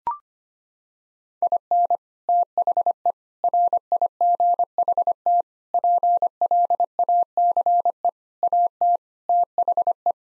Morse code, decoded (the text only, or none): IN THE RIGHT PLACE AT THE